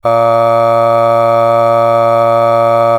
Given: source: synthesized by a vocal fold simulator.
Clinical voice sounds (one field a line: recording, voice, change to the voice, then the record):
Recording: sustained vowel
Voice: male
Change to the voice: aspiration noise (breathiness), level 6 of 10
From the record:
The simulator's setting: 1.07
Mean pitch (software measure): 115 Hz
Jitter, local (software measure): 0.36%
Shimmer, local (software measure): 3.4%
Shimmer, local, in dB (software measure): 0.29 dB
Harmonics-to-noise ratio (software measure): 22.4 dB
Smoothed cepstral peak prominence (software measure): 18.3 dB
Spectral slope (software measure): -17.2 dB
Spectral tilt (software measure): -8.9 dB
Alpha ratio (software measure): -7.6 dB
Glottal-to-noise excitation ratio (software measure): 0.979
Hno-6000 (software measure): 2.3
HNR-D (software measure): 24.3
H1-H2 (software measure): 5.0 dB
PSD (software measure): 3.0e-05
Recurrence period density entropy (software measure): 0.107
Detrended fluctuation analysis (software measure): 0.0543